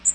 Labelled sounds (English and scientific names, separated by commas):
Magnolia Warbler (Setophaga magnolia) flight call